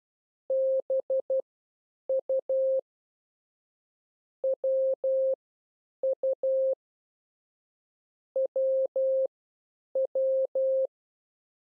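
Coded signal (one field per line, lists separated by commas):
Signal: Morse code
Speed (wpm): 12 wpm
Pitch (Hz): 530 Hz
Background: none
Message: BU WU WW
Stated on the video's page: Morse code lesson teaching letters U, W and B.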